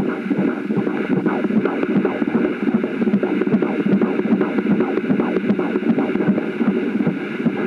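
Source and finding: Fetus, through the mother's abdomen. Fetal heartbeat.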